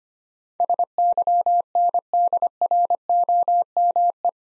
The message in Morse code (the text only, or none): SYNDROME